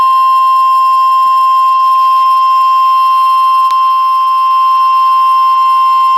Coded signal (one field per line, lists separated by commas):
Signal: Emergency Alert System (SAME) tones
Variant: 1050 Hz attention tone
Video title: EAS Flash Flood Warning and more!